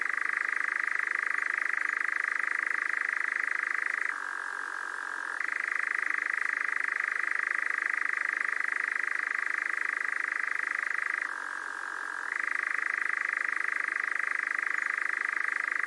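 Nightjar with a long, rattling churr held for many seconds, dropping twice to a deeper pitch for about a second each time.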